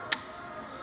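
On a Vauxhall Vivaro 2.0 CDTI, the squeeze clip on the plastic wiring connector of an engine sensor is pushed, with a flat screwdriver at hand, to unlatch the plug so it can be pulled off before fitting a Turbotune tuning box. A single sharp click sounds at 0.1 s over a quiet background. The clip releases and the connector comes off.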